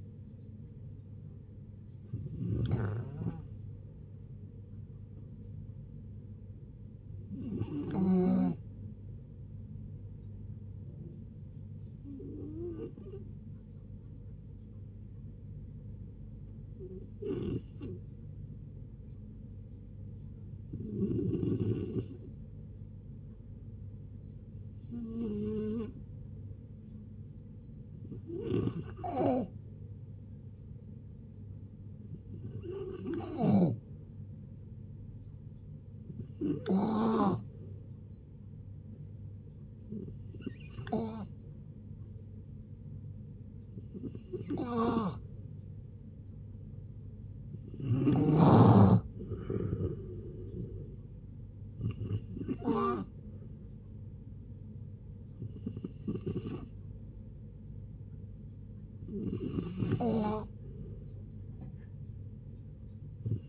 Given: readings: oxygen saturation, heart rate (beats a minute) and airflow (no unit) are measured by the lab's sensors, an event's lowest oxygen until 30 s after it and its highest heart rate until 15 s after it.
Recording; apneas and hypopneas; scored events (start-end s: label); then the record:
a person awake in a sleep study, by a smartphone at the bedside; none
0.00-63.49 s: awake
0.00-63.49 s: awake
From the record:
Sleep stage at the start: awake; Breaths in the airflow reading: 24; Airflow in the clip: -0.6 to 0.7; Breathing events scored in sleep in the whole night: 496 in 5.4 hours asleep